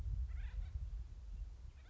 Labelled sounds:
Acorn Woodpecker (Melanerpes formicivorus)
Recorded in Sonoma County, California

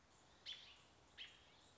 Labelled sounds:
American Robin (Turdus migratorius)
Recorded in Sonoma County, California

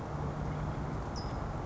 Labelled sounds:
California Towhee (Melozone crissalis)
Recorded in Sonoma County, California

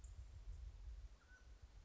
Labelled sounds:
Mountain Quail (Oreortyx pictus)
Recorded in Sonoma County, California

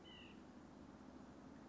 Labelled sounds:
White-breasted Nuthatch (Sitta carolinensis)
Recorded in Sonoma County, California

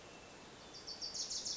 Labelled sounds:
Wilson's Warbler (Cardellina pusilla)
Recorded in Sonoma County, California

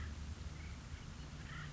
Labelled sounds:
Acorn Woodpecker (Melanerpes formicivorus)
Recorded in Sonoma County, California

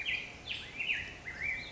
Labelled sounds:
Black-headed Grosbeak (Pheucticus melanocephalus)
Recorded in Sonoma County, California

